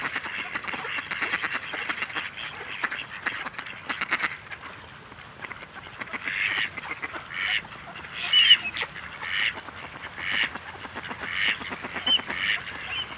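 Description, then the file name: Mallard giving a run of harsh, rasping quacks, first softer and dense, then louder separate calls spaced roughly a second apart. "Grasand"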